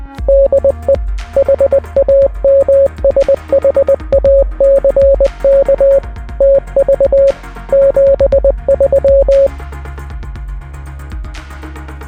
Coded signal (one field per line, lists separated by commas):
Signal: Morse code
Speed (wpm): 20 wpm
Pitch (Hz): 550 Hz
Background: music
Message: DE HAMSHACKTV 73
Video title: EPIC 3D-Printed Ham Radio Badge! Special Gift for My Hamfest Tour!